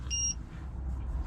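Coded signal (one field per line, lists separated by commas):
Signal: beep code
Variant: Autowatch Ghost 2 immobiliser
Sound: a single short high beep, then low rumbling background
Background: vehicle engine rumble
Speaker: it'll allow us to now beep. Now I can let go. And it will now continue beeping. It's in its learning mode, ready for a new password.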